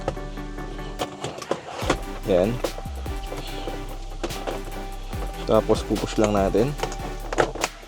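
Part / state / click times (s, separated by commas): plastic console trim panel into the center console beside the handbrake / seated / 7.4 s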